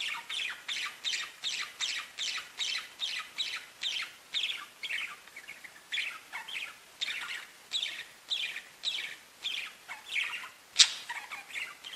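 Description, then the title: Budgerigar giving rapidly repeated chirps, with one sharp high note near the end. "Budgie Sounds"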